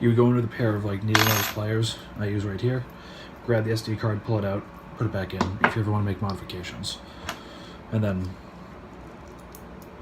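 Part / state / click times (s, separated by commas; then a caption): SD card into sound board card slot / seated / 9.6 s. An SD card is pushed back into the push-push card slot on the sound board of a Korbanth DV6 Prizm 5.1 lightsaber, after being pulled out with needlenose pliers. Someone talks throughout, and a small click is heard at 9.6 s as the card seats and is set.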